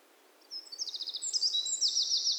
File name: Troglodytes troglodytes